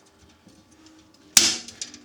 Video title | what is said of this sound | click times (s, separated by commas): REPLACING DISHWASHER WHEELS | it snaps right in there | 1.4 s